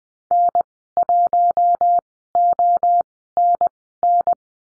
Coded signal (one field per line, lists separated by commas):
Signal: Morse code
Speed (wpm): 20 wpm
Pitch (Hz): 700 Hz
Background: none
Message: N1ONN